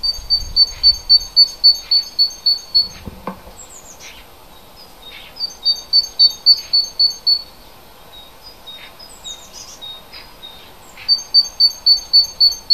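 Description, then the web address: Bird calling, bursts of high, evenly spaced notes about four per second, broken by pauses with a few softer chirps and faint sweeping calls. Native hedge bird, February. "oeko hecke vogel februar vogel f 1 3 heimisch"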